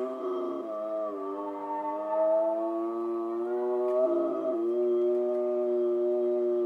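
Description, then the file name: Wolf howls, long even tones held with little change, a short wavering break midway, then steady howling continues. Wolves recorded in Schorfheide, Germany, on 29 October 2015. "Wölfe Schorfheide 151029"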